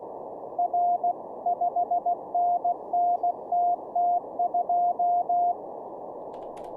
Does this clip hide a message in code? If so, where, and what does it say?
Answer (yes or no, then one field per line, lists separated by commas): yes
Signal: Morse code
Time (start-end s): 0.6-5.5 s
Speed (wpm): 16 wpm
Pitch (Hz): 700 Hz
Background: none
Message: R 5NNTT2